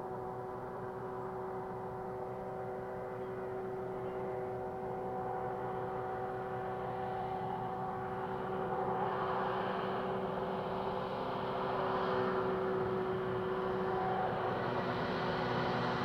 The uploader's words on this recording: Soundscape recordings made in the Eastern part of Parry Sound District of Ontario or what is locally known as the Almaguin Highlands. Inside that bird feeder was an audio recorder that captured the overnight soundscapes of spring.